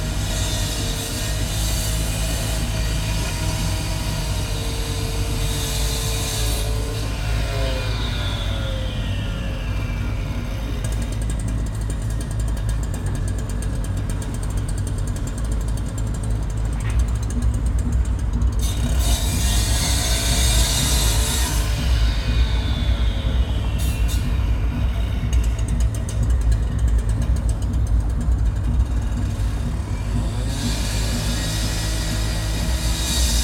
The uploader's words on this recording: Frank Zappa Straße Marzahn-Berlin-DDR - the view from my window. Audio-technica. Recorded my window this morning. I didn't add any sound.